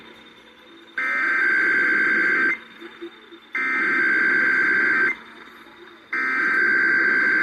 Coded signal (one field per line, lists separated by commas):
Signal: Emergency Alert System (SAME) tones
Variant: header bursts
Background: speech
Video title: EAS #718 IPAWS Weekly Test